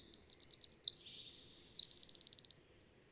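Bird song with bright high chirped notes in quick series, then an even trill repeated rapidly for under a second before it stops.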